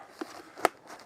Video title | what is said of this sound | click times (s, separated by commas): Comment installer une VMC hygroréglable | là c'est clipsé et | 0.6 s